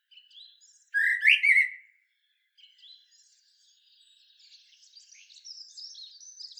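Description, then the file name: Common blackbird delivering one loud fluted phrase, then soft high squeaky twittering that continues to the end. "Turdus merula"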